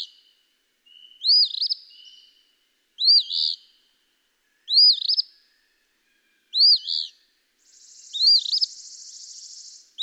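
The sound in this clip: Eastern phoebe giving its hoarse fee-bee song five times at roughly two-second intervals, a buzzing insect-like hiss joining near the end.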